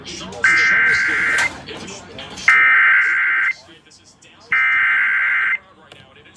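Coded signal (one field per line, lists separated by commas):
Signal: Emergency Alert System (SAME) tones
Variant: header bursts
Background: speech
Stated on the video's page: Severe thunderstorm and tornado warnings aired on Illinois and Indiana radio stations, captured from live online radio streams.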